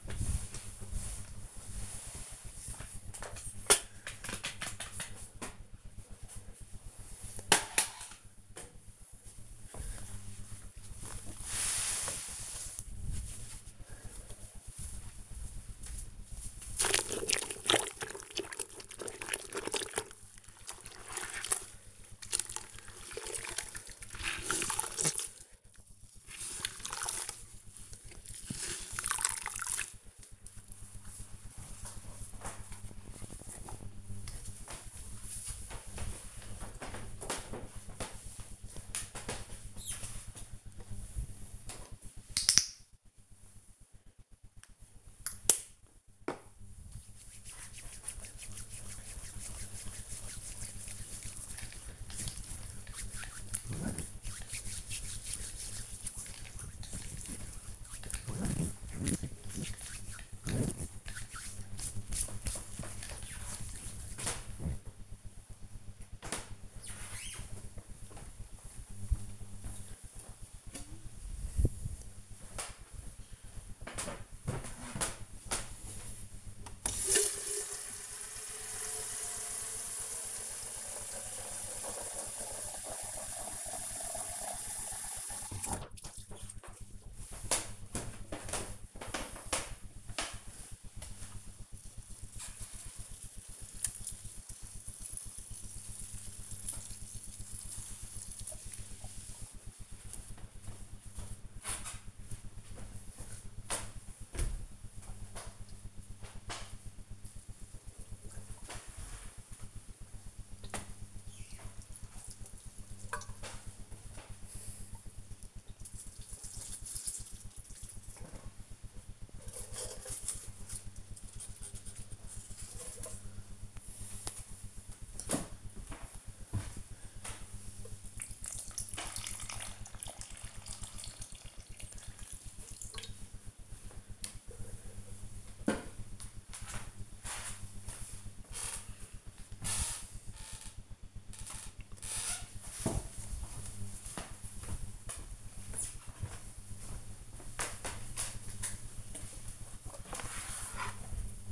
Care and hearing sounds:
household activities, microphone on the right wrist
0.00-32.01 s: floor cleaning
41.10-64.26 s: disinfecting hands
69.30-134.93 s: watering plant
149.05-151.52 s: putting away the dishes

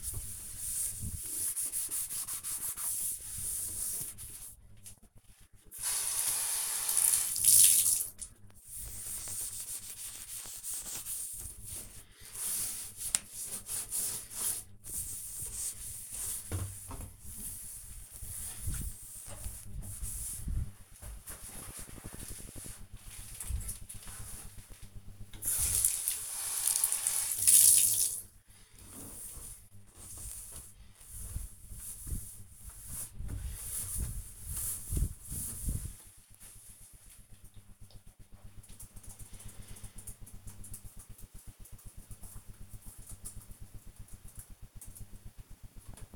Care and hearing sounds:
household activities, microphone on the right wrist
0.00-45.48 s: bathroom cleaning (bathtub)

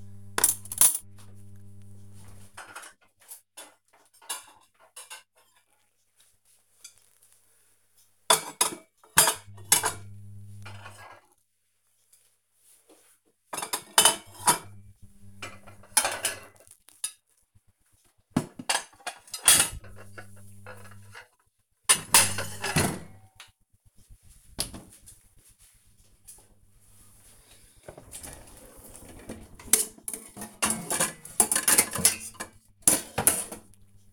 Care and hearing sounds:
household activities, microphone on the right wrist
0.00-34.13 s: putting away the dishes

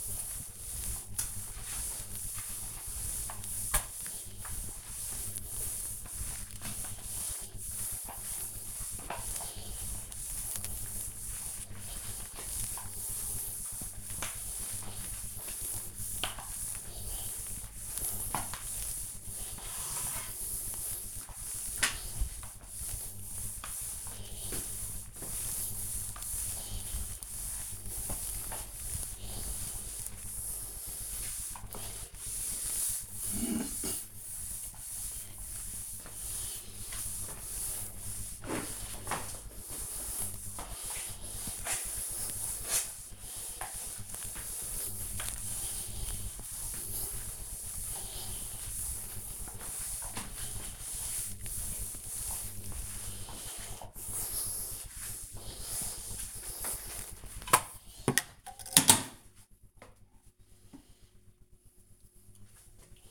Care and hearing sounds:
household activities, microphone on the right wrist
0.00-56.00 s: floor cleaning

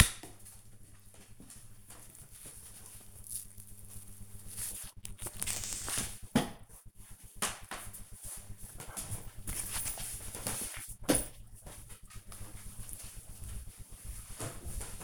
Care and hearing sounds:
household activities, microphone on the right wrist
none

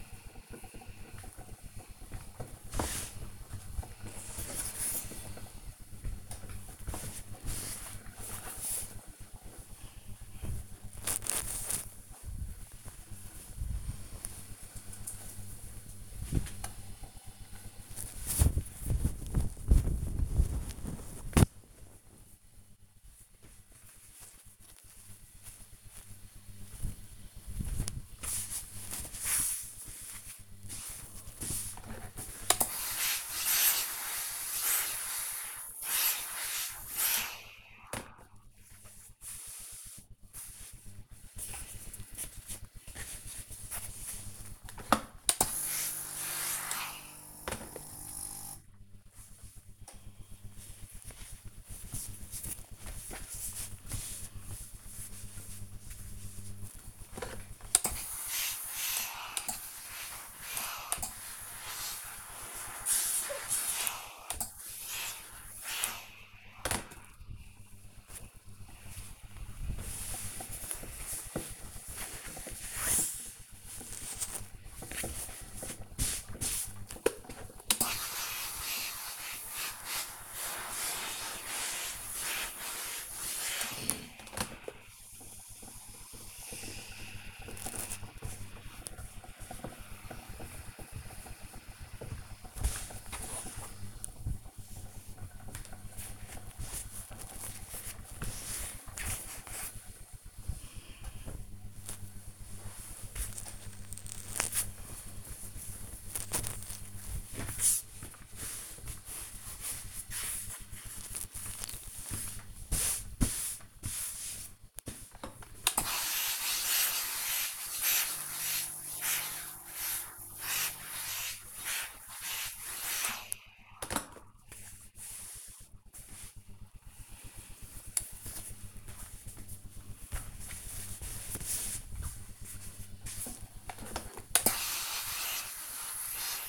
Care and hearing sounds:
household activities, microphone on the right wrist
0.00-10.26 s: ironing laundry
31.34-100.65 s: ironing laundry
115.71-136.49 s: ironing laundry

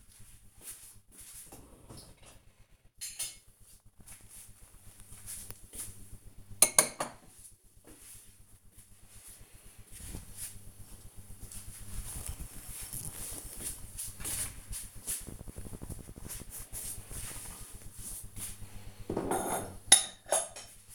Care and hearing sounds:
household activities, microphone on the right wrist
0.00-20.95 s: cleaning out the dishwasher

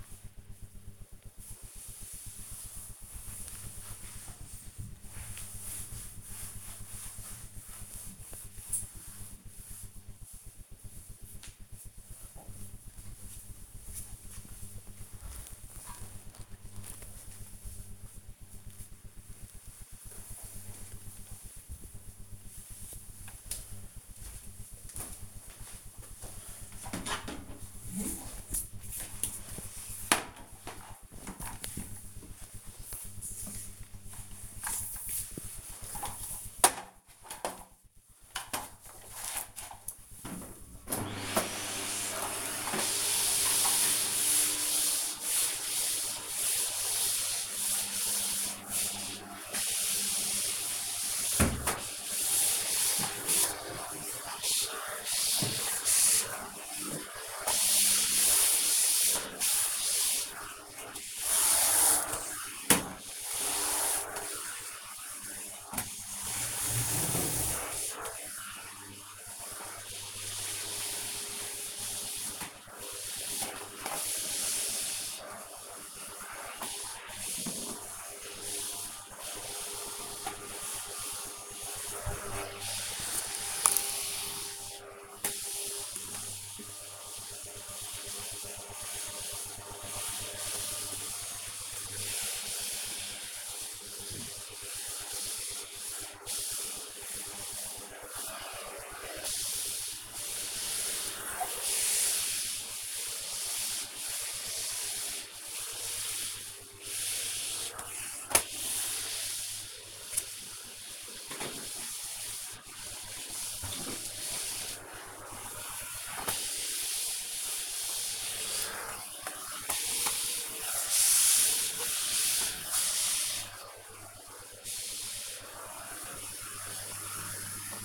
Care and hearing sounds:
household activities, microphone on the right wrist
0.00-13.01 s: cleaning table
41.24-127.85 s: vacuum cleaning

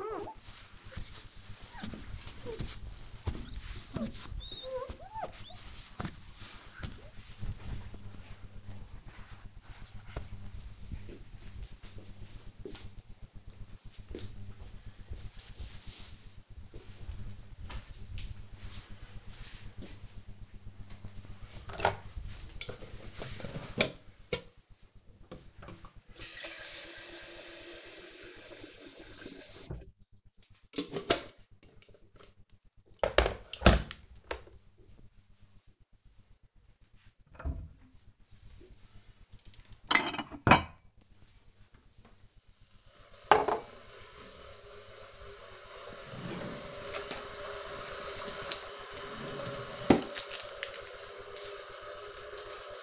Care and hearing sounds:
household activities, microphone on the right wrist
0.00-7.38 s: window cleaning
20.47-52.83 s: making tea

